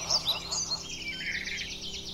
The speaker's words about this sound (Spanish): Aquí el eco del aguarado y los sonidos que hay son los silbidos de los pájaros, los cantidos de cada ave que uno escucha, ¿no?